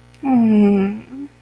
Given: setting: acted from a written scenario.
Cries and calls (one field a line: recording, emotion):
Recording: vocal sound without words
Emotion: sadness